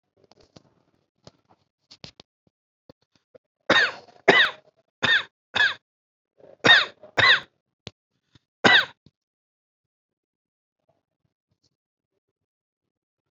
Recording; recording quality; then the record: shallow voluntary cough; excellent, no background noise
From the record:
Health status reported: COVID-19 positive, mild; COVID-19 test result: positive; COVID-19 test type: RT-PCR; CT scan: not taken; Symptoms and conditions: cough, diabetes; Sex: male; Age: 60 years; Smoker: no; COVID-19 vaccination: both doses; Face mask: not worn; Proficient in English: yes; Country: India